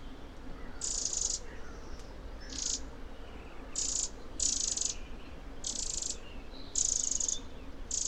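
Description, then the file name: Eurasian wren giving dry, buzzy rattles in brief bursts with uneven gaps of up to about a second, and a low background hum. "Troglodytes troglodytes"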